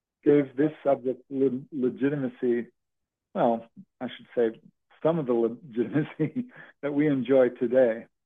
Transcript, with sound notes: gave this subject leg- legitimacy. Well, I should say some of the legitimacy (laughs) that we enjoy today.